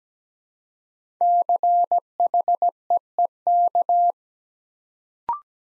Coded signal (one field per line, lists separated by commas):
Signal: Morse code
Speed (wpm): 17 wpm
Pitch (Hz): 700 Hz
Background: none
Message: CHEEK